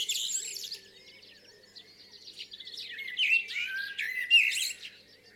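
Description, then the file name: Common blackbird warbling song with a burst of high scratchy notes at the start and a loud fluted flourish later. "Turdus merula"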